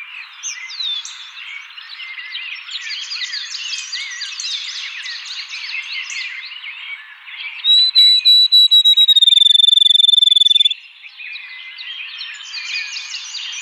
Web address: Field Sparrow 2007 01 04 Field Sparrow